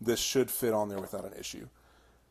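Someone talks while handling a plastic rear tray about to be fitted between the slightly spread frame rails of a 1/24-scale SCX24 RC crawler. The speech ends around 1.7 s and only a faint low background remains. Nothing has seated or clicked yet.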